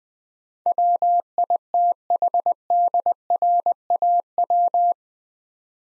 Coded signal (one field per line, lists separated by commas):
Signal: Morse code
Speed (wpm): 21 wpm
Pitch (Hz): 700 Hz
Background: none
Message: WITHDRAW